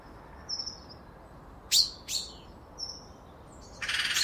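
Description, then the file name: Common chaffinch giving two loud, sharp call notes close together, with faint high thin whistles around them and a burst of hissing noise at the end. "Fringilla coelebs"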